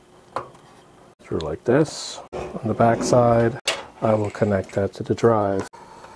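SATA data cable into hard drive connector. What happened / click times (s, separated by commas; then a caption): The cable is handled but not yet seated; one sharp tick near the start could be mistaken for a seating click / none. A SATA data cable is handled near a hard drive's data port, with a brief sharp tick at about 0.4 s while someone talks over most of the clip. Nothing has seated or clicked into the drive yet.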